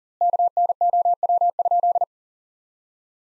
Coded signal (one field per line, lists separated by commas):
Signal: Morse code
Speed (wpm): 40 wpm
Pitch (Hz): 700 Hz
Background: none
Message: KNOW?